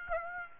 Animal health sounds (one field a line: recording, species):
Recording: mosquito wingbeat signal from an infrared sensor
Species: Aedes aegypti